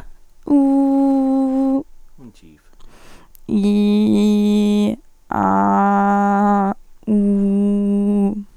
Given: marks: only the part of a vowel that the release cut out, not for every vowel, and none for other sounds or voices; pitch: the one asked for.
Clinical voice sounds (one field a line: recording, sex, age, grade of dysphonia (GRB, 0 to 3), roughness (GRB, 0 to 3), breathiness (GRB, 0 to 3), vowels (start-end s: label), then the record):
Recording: sustained vowels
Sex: female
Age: 18 to 19 years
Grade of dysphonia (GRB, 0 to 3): 0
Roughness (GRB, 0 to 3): 0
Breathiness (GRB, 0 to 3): 0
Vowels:
0.63-1.74 s: vowel /u/, high pitch
4.17-4.86 s: vowel /i/, low pitch
5.72-6.62 s: vowel /a/, low pitch
7.13-8.20 s: vowel /u/, low pitch
From the record:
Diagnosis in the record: healthy voice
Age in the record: 19 years